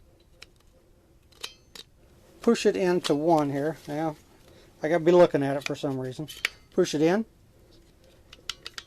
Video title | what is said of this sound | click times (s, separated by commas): DAISY LEGACY 2202 , 22LR BOLT ACTION TAKE DOWN RIFLE | locks in place | 8.5 s